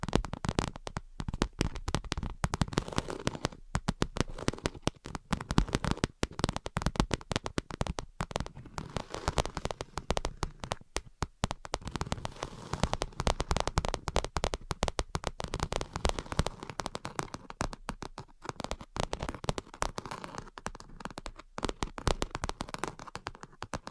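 Rapid, unbroken tapping and scratching crackles across the full 24 seconds, dense and irregular, with sharp clicks mixed into a gritty scraping texture.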